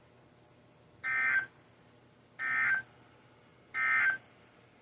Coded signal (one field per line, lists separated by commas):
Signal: Emergency Alert System (SAME) tones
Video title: RMT's and RWT (EAS 42-45)